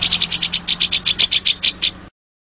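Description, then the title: Oriental magpie-robin giving a short rattling string of bright, high notes at about seven per second, ending abruptly in silence. "Kicau Kacer"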